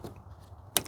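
A black, color-coded wire harness plug is pushed into the black socket on the engine control module (engine computer) of a 2007 Jeep Liberty (KJ) 3.7L until its lock clicks. After a quiet stretch of low handling noise, a single sharp, bright click rings out at 0.8 s, followed by a faint tick at 0.9 s. The connector is seated and locked.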